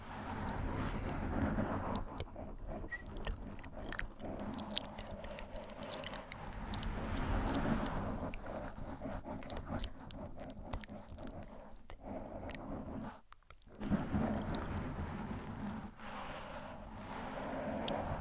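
Gentle mic scratching runs steadily throughout, dense soft rustles and clicks over a low rumble, with a brief hush around thirteen seconds.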